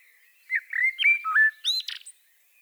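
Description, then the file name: Common blackbird song: one brief phrase of mellow whistles sliding up and down, finished with a thin squeaky flourish. "Turdus merula"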